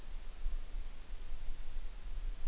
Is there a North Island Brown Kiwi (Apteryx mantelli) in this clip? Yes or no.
no